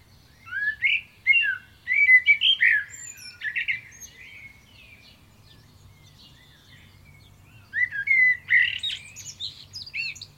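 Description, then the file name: Common blackbird warbling in two bursts of rich, fluty, slurred whistles laced with thin high squeaks, separated by several seconds of near silence. "Turdus merula"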